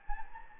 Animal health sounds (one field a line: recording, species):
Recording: mosquito wingbeat signal from an infrared sensor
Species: Anopheles gambiae